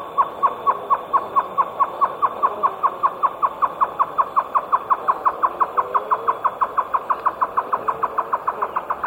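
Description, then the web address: Great antshrike song: a long, steady string of hollow, knocking notes, about five each second, running through the whole stretch without a break. South America, eastern lowlands. "Natures Songs S America Eastern Lowlands Great Antshrike"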